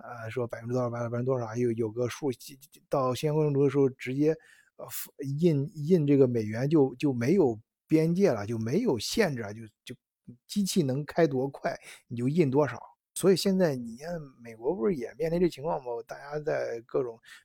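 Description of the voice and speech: Fluent Mandarin monologue by an adult man, broken by repeated words and syllables and a drawn-out initial sound, typical of mild adult stuttering. The stutter was severe in childhood and still comes on suddenly at times.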